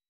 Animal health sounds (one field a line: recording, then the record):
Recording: hydrophone in a shrimp aquaculture tank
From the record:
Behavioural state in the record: weakened